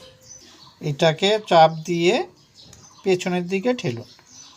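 The upper part of an electric kettle's switch and handle assembly is fitted into the kettle body, then pressed and pushed backward so it will latch. Someone talks throughout, and no distinct impact sound stands out. The part has not seated or clicked into place yet.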